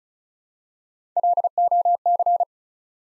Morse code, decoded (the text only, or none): LOC